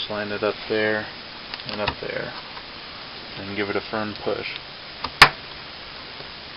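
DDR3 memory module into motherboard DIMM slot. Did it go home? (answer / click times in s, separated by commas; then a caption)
partly / 5.2 s. A DDR3 memory module is pushed firmly into a motherboard DIMM slot while someone talks. A small tap at 5.1 s is followed by a sharp snap at 5.2 s as one retention tab locks home. The other tab does not pop in, so the stick seats on one side only.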